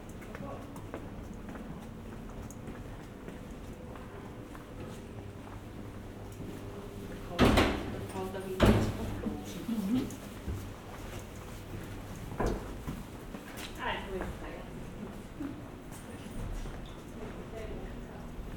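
A walk through a Slovenian coastal town: steady street murmur and voices, with sharp knocks or footfalls near 7.5, 8.7 and 12.5 seconds.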